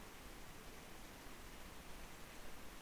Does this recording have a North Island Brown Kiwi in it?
no